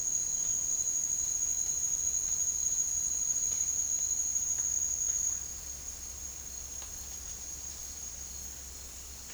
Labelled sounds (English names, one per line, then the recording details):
none
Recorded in dense forest near Puerto Asís, Putumayo, Colombia, on 12 March 2025 at 17:30
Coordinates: 0.484, -76.325
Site G045